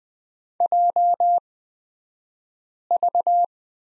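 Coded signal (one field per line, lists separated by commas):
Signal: Morse code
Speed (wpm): 20 wpm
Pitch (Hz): 700 Hz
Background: none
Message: JV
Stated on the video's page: Morse code course lesson on prosign BT, Farnsworth speed 20/10 wpm.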